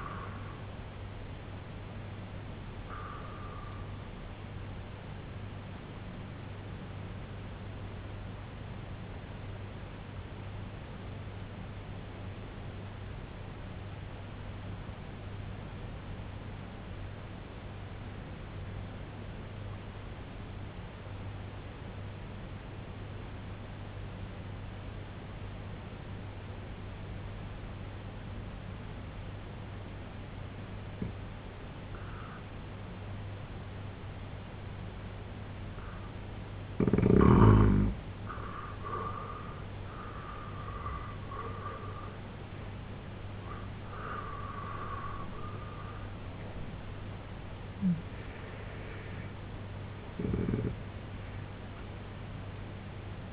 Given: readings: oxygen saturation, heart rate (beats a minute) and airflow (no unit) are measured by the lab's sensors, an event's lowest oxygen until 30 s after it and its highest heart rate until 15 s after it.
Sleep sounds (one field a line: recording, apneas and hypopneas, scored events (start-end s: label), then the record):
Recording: breathing in sleep by a voice recorder at the bedside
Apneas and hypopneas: 1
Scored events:
10.00-38.50 s: obstructive apnea (N2, oxygen 95% highest, then 82% lowest, heart rate 65 at the start, 97 highest)
33.00-53.33 s: new sleep stage, N1 (lightest sleep)
From the record:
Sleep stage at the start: N2 (light sleep)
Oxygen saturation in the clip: 84 to 95%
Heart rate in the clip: 63 to 97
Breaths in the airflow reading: 5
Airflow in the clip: -10.8 to 8.6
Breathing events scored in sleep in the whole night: 258 in 7.4 hours asleep